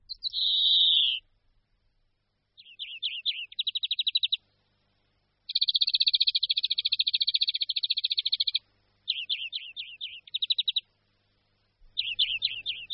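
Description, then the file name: European greenfinch opening with a slurred wheeze, then a long rolling trill of varied twittering notes and chirpy phrases. "Zvonek-zelený"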